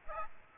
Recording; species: mosquito wingbeat signal from an infrared sensor; Aedes aegypti